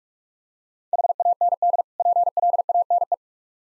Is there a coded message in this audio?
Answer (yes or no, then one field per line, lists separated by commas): yes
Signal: Morse code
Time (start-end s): 0.9-3.1 s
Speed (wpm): 46 wpm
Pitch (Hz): 700 Hz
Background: none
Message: HAND PLANE